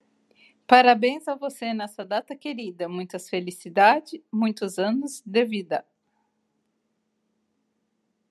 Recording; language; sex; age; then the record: short text; Brazilian Portuguese; female; 30 to 39 years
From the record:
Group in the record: control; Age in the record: 39 years